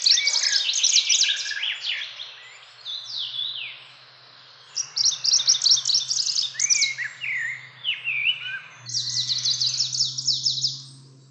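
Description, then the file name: Icterine warbler song: loud, fast, varied chattering bursts mixed with slurred whistles and harsh notes, delivered in long phrases separated by short pauses, with a faint low hum. "lundsangare"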